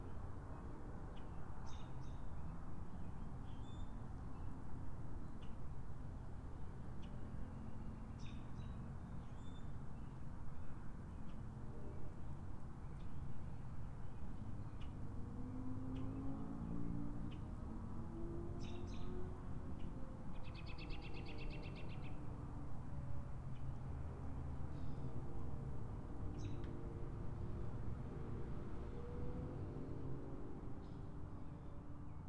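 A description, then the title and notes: A backyard on a spring evening, with a steady low rumble filling the whole half minute. Short bird chirps and clicks come and go every few seconds, and a brief bright buzzing call stands out around the twenty-second mark. Spring Evening. Tascam DR-05X Linear PCM Recorder. Recording in my backyard in the mid evening.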